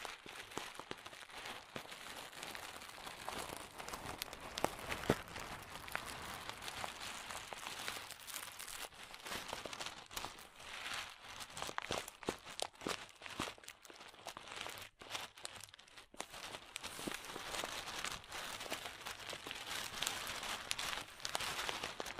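Crunchy slime being worked, a dense, continuous stream of crackling and crinkling pops with no real pauses. The clicks are bright and sharp, clustering in quick bursts, with a louder snap near five seconds and a brief lull around fifteen to sixteen seconds.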